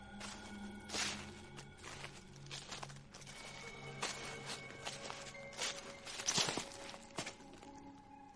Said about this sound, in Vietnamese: Một bóng người mái tóc dài xõa xuống, mặc một cái váy hoa màu cháo lòng. Điều đặc biệt là cái bóng người con gái ấy đi một đôi hài đỏ, tiếng bước chân dẫm sột soạt trên đống lá cây đằng sau.